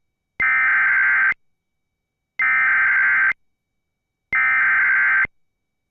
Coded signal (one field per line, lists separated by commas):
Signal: Emergency Alert System (SAME) tones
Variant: header bursts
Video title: EAS - 2-for-1 Combo